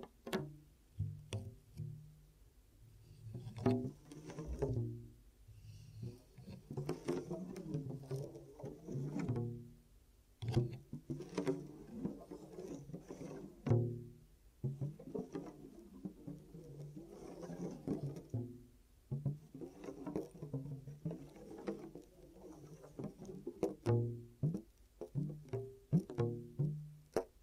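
Ear cupping triggers: muffled hand rustles and soft, hollow thumps come in irregular bursts throughout, mostly low and dull with occasional sharper taps and clicks. Short quiet gaps separate the bursts, and the pace stays uneven from start to finish.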